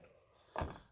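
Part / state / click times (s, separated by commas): folding rear seat cushion into its upright lock / seated / 0.6 s, 0.7 s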